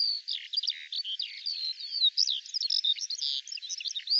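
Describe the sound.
Eurasian skylark song: fast, jumbled warbling of short chirps and slurred whistled notes pouring out without pause.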